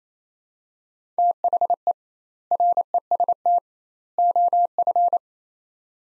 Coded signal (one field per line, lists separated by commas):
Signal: Morse code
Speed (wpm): 27 wpm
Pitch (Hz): 700 Hz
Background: none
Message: THE REST OF